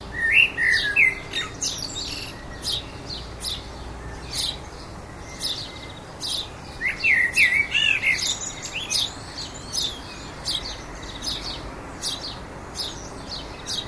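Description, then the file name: Common blackbird giving two fluted warbling phrases, one at the start and one midway, ending in thin twitters, amid a constant rhythm of high clicking chips. "Turdus merula"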